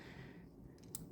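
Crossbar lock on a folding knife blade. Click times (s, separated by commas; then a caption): 1.0 s. A folding knife's blade swings open and the crossbar lock, pushed by its omega spring, snaps into place to keep the blade locked open. Two faint ticks at about 0.8 s lead into a sharp, bright click at 0.9 s, with no talk. The crossbar lock is seated.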